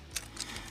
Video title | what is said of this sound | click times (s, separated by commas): Transformers Dark of The Moon Deluxe Class Mech Tech Bumblebee. THROWBACK! | and then all of this will come down on itself and snap into place just like so | 0.2 s, 0.4 s